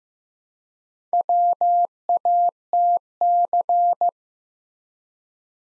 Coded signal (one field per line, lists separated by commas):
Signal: Morse code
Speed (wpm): 15 wpm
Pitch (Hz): 700 Hz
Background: none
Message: WATC